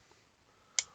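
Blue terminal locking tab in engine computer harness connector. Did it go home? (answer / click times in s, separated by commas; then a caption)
released / 0.8 s. The blue plastic terminal-locking tab on a Dodge JTEC PCM engine computer harness connector is pushed in from the side with one tab, sliding it to the unlocked position. After near silence, a single sharp click sounds at 0.8 s, and the tab is released into its unlocked position.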